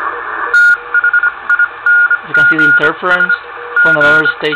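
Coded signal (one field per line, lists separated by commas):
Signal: Morse code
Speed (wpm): 25 wpm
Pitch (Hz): 1430 Hz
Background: speech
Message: THINGS G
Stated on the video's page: 40 m reception on an Elecraft K3 using audio peak filter, noise blanker and noise filter against strong QRM.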